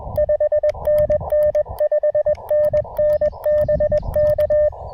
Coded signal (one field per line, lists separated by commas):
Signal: Morse code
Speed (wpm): 20 wpm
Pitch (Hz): 590 Hz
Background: none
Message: 5NN 5NN BK